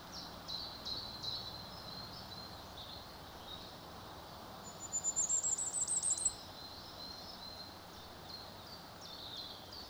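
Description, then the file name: Common firecrest gives one short, very high song of quick repeated notes, with scattered faint chirps before and after. "Vuurgoudhaan"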